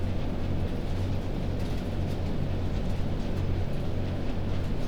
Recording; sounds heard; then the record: poultry house recording; no chicken sound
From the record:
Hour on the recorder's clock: 21